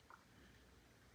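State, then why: Seated. A plastic ball-link socket is snapped onto the metal control horn ball joint of the control linkage on the tail of a new E-Flite Super Timber RC airplane. A single short, quiet snap is heard at 0.1 s over a steady low background hum, and the ball link is seated on the ball.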